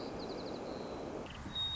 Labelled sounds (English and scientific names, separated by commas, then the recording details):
White-crowned Sparrow (Zonotrichia leucophrys)
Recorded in Sonoma County, California